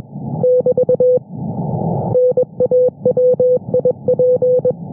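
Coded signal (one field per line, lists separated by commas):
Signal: Morse code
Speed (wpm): 22 wpm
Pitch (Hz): 500 Hz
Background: none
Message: <BT> NAWIP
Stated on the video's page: Daily Russian Navy station sending partially encrypted CW traffic on 21,438 kHz in the 15-metre amateur band, received by a monitoring service.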